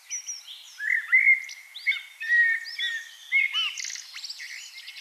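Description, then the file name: Common blackbird in continuous warbling, mellow whistled notes mixed with scratchy high chatter throughout. "Turdus merula"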